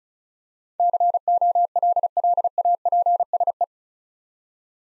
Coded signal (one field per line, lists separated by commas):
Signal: Morse code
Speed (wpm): 36 wpm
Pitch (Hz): 700 Hz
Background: none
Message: COLLAPSE